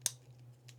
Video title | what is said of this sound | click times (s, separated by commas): MagBak Elite Case For Pixel 10 Pro- Loaded With Features! | not sure if you've heard it click, but that's it. | 0.1 s